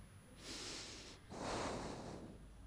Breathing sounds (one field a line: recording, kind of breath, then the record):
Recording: one breath in and out by a microphone near the nose and mouth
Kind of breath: deep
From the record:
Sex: male